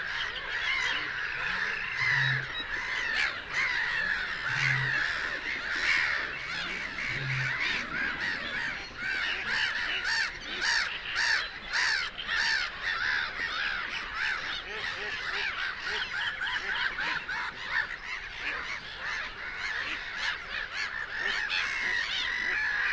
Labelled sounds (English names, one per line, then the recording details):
Black-headed Gull call
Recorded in the wild
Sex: diverse
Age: diverse
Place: Kützerhof, Kummerower See, Mecklenburg-Vorpommern, DE
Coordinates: 53.8531, 12.8686
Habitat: wetland
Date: 2010-06-10
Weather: 15°C, almost no wind
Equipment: Sound Devices 702, Sennheiser MKH 70, Rycote Windschutz
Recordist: Frommolt, Karl-Heinz